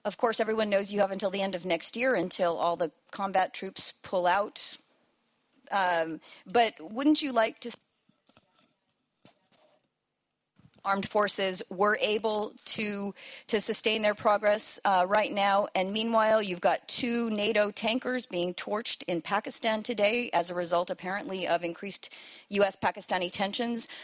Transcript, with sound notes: Of course, everyone knows you have until the end of next year until all the combat troops pull out, but wouldn't you like to (AUDIO CUTS OUT...) armed forces were able to sustain their progress right now, and meanwhile you've got two NATO tankers being torched in Pakistan today as a result, apparently, of increased U.S.-Pakistani tensions.